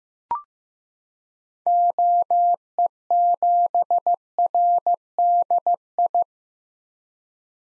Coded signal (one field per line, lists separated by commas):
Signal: Morse code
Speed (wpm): 15 wpm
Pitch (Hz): 700 Hz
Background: none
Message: OE7RDI